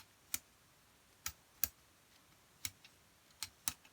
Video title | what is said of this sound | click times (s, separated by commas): Pipeman–The Keyholder Kit | Now, as you screw it on, you'll hear it clicking. | 0.3 s, 1.3 s, 1.6 s, 2.7 s, 3.4 s, 3.7 s